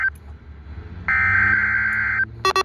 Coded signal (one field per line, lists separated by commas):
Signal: Emergency Alert System (SAME) tones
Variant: header bursts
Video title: [EAS #1830] KLOX Required Weekly Test